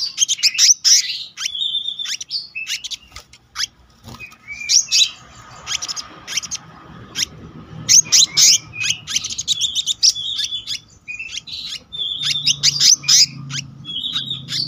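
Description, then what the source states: Selendang biru songbird in a long, rolling stream of high chirps, trills and short whistles, bursts following one another almost without pause, faint hum below. Song in the continuous rolling style called gacor ngeroll, with isian (filler notes).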